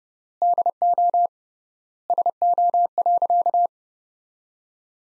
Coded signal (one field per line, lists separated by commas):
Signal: Morse code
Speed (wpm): 32 wpm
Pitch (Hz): 700 Hz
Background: none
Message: DO SO.